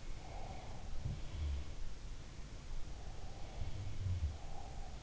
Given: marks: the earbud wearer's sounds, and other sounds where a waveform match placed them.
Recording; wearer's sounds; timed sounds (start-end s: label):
sounds in sleep by an in-ear microphone; breath
0.00-1.62 s: sound from someone else or the room
0.15-0.93 s: breath
2.78-5.03 s: breath